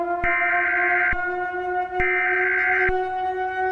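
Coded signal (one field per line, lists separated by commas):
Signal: Emergency Alert System (SAME) tones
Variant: header bursts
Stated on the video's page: Fictional EAS scenario based on a novel, made for entertainment only.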